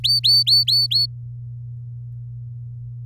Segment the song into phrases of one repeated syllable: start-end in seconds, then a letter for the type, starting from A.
0.04-1.06 A